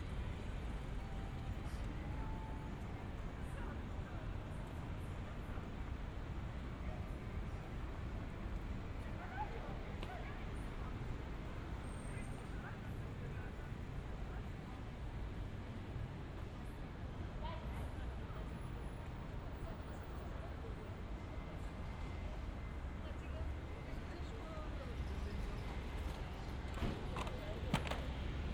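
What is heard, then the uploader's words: Walking through Shibuya in Tokyo: a steady, dense rumble of street noise and passing traffic fills the whole stretch. Scattered voices murmur throughout, with brief clicks and clatters popping up now and then, a few sharper ones near the end. 3D AUDIO Walking in Shibuya 渋谷 Tokyo, Japan.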